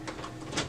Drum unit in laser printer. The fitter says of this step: again if you hear it click you know it's in